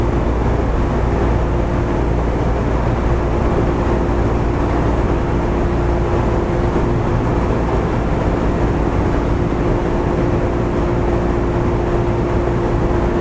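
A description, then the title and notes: A JR West 103 series train runs along at a steady pace, its low rumble and motor drone constant throughout with no pauses. A fixed tone hums beneath the noise, and faint rattling texture churns in the lows without distinct clunks standing out. JR西日本 103系電車の走行音です。 阪和線の普通列車で録音しました。 区間は、鶴ヶ丘から堺市までです。 Running sound of JR WEST 103 series train.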